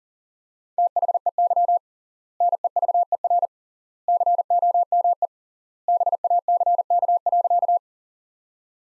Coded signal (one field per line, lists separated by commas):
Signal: Morse code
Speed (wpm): 40 wpm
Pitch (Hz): 700 Hz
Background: none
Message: THEY NEVER COME BACK.